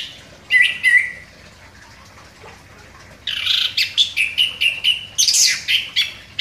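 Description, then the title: Orange-headed thrush singing: two short bright phrases, a pause, then a quick series of clear, slightly buzzy whistled notes. Song described as gacor, meaning vigorous, sustained singing. "Anis Kembang Gacor"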